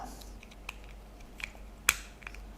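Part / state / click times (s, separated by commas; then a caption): plastic ball mold halves closing together / seated / 1.9 s. The two halves of a plastic bouncy-ball mold are pressed together and snap shut with one sharp, bright click at 1.9 s. Fainter ticks come before it at about 0.7 s and 1.4 s and after it near 2.3 s. The click confirms the mold is fully closed and seated.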